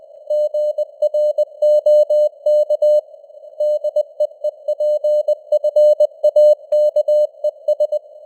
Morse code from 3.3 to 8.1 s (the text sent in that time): DEEPFAKES